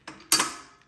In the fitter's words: pull it out until it clicks